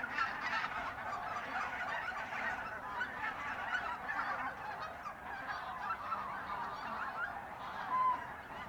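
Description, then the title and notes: Goose: geese honking in a dense, overlapping flock chorus that runs without pause, with a louder honk near the end. Geese in the re-naturalised area of Polder Glies, Sellstedt, Germany, 9 November 2020; binaural ORTF pair of t.bone SC 140 microphones with Rycote windjammer, recorded on TASCAM DR100 MK3. "Oies - Geese. Enregistrement binaural d'oiseaux dans la zone re-naturalisé de Polder Glies, Sellstedt, Allemagne. Enregistré le 09 Novembre 2020"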